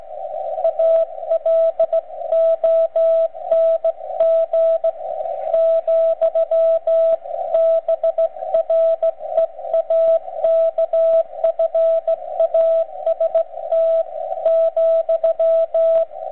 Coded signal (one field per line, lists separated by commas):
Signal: Morse code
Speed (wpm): 16 wpm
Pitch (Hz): 660 Hz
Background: radio noise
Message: ALONG , BREAKFAST ,